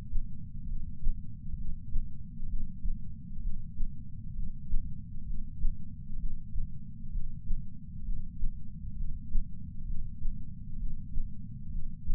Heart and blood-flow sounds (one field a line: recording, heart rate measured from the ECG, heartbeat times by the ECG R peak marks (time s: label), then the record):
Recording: heart sounds by patch sensor on the chest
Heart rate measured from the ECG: 65 bpm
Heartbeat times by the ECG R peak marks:
0.65 s: heartbeat
1.54 s: heartbeat
2.45 s: heartbeat
3.38 s: heartbeat
4.32 s: heartbeat
5.23 s: heartbeat
6.15 s: heartbeat
7.09 s: heartbeat
8.01 s: heartbeat
8.93 s: heartbeat
9.83 s: heartbeat
10.75 s: heartbeat
11.68 s: heartbeat
From the record:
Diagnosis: coronary artery disease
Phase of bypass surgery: preoperative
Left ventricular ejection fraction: 53.1%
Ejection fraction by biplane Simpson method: 48.3%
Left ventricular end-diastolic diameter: 61 mm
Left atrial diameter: 40 mm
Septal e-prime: 7 cm/s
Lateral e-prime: 11.9 cm/s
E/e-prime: 9.8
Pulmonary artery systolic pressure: 34 mmHg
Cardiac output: 5.1 L/min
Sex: female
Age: 60 years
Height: 158 cm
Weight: 54 kg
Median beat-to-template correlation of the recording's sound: 0.90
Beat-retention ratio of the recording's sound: 1.00